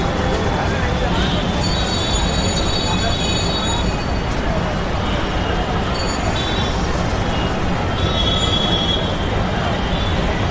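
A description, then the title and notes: A big city ambiance with a steady, dense low rumble of traffic or rail running throughout at an even level. High, thin whining tones come and go, notably around two to four seconds and again near eight seconds, over faint background voices. Big City Ambiance.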